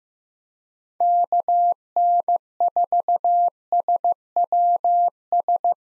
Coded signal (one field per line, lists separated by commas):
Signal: Morse code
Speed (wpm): 15 wpm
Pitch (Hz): 700 Hz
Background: none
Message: KN4SWS